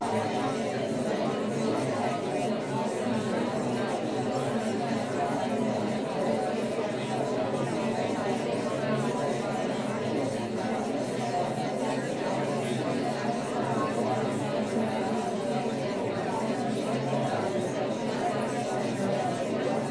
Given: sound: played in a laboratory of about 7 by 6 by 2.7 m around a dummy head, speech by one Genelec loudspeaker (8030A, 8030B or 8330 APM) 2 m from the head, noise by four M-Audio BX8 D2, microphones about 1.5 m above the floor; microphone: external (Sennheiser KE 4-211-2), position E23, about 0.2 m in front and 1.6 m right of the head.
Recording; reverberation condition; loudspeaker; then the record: babble noise; low; four, about 170 cm from the corners of the room and facing them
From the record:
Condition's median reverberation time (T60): about 310 ms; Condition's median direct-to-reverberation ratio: about 3.5 dB